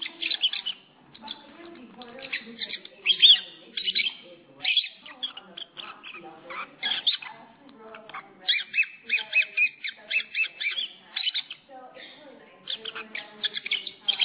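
Lovebird producing busy, shrill chirping and scratchy twittering that runs almost without pause, with a few louder squeaky peaks.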